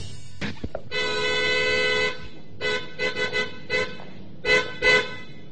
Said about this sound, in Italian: Lei ha clacsonato. Tu ha clacsonato? Io no. Ah, sì, ho appoggiato appena il gomito. È un clacson sensibilissimo. Basta toccarlo, vede? Anche col gomito.